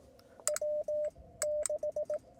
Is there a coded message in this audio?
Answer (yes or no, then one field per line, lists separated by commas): yes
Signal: Morse code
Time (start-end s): 0.5-2.2 s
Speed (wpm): 18 wpm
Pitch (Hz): 600 Hz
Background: radio noise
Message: W6